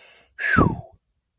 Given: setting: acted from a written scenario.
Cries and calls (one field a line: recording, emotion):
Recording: vocal sound without words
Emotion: relief